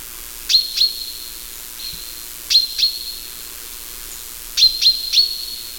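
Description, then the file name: Common chaffinch calling in three groups of two or three sharp, high notes, each drawn out into a level, thin whistle; a softer whistle sounds between the first two groups. "Fringilla coelebs"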